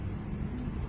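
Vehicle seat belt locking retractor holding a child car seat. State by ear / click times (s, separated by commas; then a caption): not seated / none. A vehicle seat belt with a locking retractor, holding a child car seat, is being handled while the seat is installed, producing a steady low rumble with no distinct impacts. Nothing has clicked or locked into place yet.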